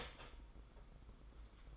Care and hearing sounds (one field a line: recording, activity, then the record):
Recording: daily activity, microphone in the room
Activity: start toaster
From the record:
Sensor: 5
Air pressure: 990.8 hPa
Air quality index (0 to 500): 146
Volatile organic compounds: 134 ppm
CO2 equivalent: 3949 ppm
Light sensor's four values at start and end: 41/124/48/51 and 40/124/47/51